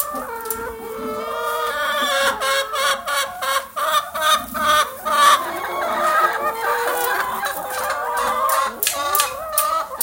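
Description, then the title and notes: Chicken: hens cackling and clucking continuously, overlapping calls punctuated by sharp clicks. Hens in their usual enclosure. "Galiñas Coens. Nesta paisaxe sonora, escoitase o gran son das galiñas no seu recinto habitual"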